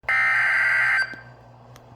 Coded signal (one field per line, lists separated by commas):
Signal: Emergency Alert System (SAME) tones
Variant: header bursts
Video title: FFW On WXJ34 (EAS#2)